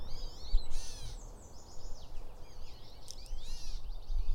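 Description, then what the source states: Gray Catbird giving several arched notes with stacked harmonics, amid soft outdoor background noise. Birds in local woods; a mimic whose songs can last up to 10 minutes; its cat-like calls were once mistaken for stray cats.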